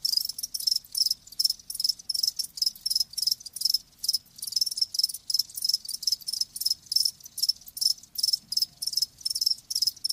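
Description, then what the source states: Crickets give shrill chirps in rapid bursts, roughly two or three per second. Live crickets chirping with a lulling song.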